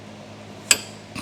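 A hex tool works on a stubborn button head bolt in the CV axle joint flange of a Rush SR over a low, steady hum. A sharp metallic hit at 0.7 s marks the moment the bolt gives way and its head strips, followed by a softer rattle near 1.2 s.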